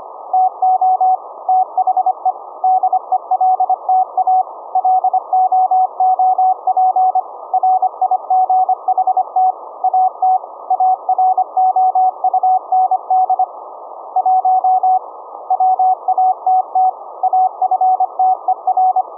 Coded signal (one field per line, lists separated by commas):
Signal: Morse code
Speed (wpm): 25 wpm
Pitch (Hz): 750 Hz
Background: none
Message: TO THE DELTA LOOP RIGHT AT AROUND 1 WATT AFTER